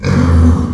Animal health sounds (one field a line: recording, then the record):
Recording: squeal of a Yucatan mini pig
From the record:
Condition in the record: after surgery on the right vocal fold (resection and tissue-engineered implant)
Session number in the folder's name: 16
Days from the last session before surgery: 183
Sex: female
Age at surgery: 19 weeks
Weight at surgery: 25 kg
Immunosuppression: prednisolone